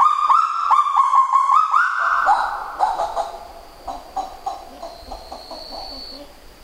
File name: kagu